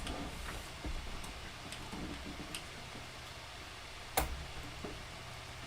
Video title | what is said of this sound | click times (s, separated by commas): Building my 1st Gaming pc :) !!! | It clicked in. It's in. I heard it. | 4.2 s